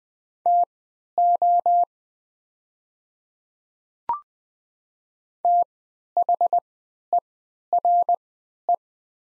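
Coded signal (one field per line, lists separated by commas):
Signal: Morse code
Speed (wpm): 20 wpm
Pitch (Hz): 700 Hz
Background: none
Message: TO THERE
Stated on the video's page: 20 wpm Morse practice of the top 100 words with Farnsworth-style triple character spacing.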